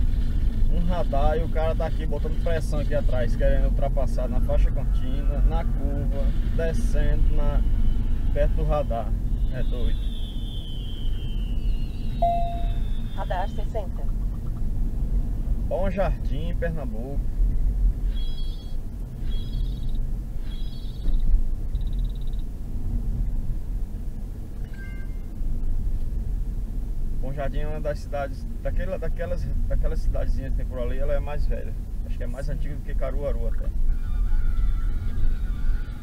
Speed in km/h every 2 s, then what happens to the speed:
53, 54, 56, 52, 49, 48, 50, 49, 48, 47, 45, 44, 42, 33, 29, 27, 26, 28.
0-5 steady at about 54. 5-9 slows to 48. 9-21 steady at about 48. 21-27 slows to 29. 27-36 steady at about 27.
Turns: none.